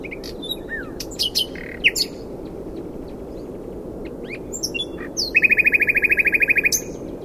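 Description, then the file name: Common nightingale singing scattered sharp chips and short whistles, then a fast, even trill of many clipped notes lasting over a second. "Luscinia megarhynchos"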